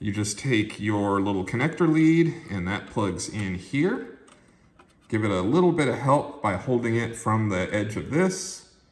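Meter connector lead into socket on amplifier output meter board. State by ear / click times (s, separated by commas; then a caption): not seated / none. Someone talks while pushing the small meter lamp connector lead into its socket on the output meter board of a McIntosh C52 (C5x series) amplifier during an output meter replacement, steadying it from the edge. A faint, brief tick sounds at 4.8 s during a quiet pause in the talking. The connector is still being handled, and nothing has clicked or seated yet.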